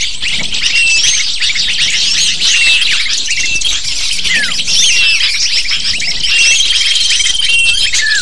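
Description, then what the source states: Lovebird: continuous shrill chattering from a group of lovebirds, with squeaky chirps and falling notes and a steady high whistle in the second half. Calls used as a lure to attract lovebirds.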